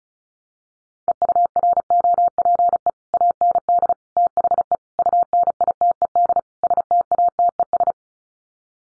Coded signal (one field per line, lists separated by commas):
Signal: Morse code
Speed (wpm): 34 wpm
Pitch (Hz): 700 Hz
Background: none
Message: EUROPE AND THE UNITED STATES